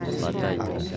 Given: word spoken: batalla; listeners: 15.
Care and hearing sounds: one Spanish word in noise, from a listening test; eight-talker babble; -2.0 dB; 2 of 15; 9 of 15; 0.57 s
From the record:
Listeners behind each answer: 9, 2, 1, 1, 1, 1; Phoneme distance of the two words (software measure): 7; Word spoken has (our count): 3 syllables, 6 phonemes, stress on syllable 2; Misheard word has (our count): 3 syllables, 7 phonemes, stress on syllable 2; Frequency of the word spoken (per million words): 48.44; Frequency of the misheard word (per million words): 9.41

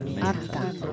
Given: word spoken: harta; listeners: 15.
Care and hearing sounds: one Spanish word in noise, from a listening test; eight-talker babble; 0.3 dB; 3 of 15; 8 of 15; 0.53 s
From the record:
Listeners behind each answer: 8, 3, 1, 1, 1, 1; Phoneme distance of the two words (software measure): 10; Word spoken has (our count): 2 syllables, 4 phonemes, stress on syllable 1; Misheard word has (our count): 2 syllables, 4 phonemes, stress on syllable 1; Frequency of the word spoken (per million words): 4.89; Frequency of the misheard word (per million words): 3.27

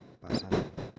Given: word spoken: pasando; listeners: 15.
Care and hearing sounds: one Spanish word in noise, from a listening test; noise modulated by one talker; -12.0 dB; 1 of 15; 11 of 15; 0.59 s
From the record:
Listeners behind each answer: 11, 2, 1, 1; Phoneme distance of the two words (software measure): 17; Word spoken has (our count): 3 syllables, 7 phonemes, stress on syllable 2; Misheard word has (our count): 3 syllables, 6 phonemes, stress on syllable 2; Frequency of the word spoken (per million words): 49.11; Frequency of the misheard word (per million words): 462.01

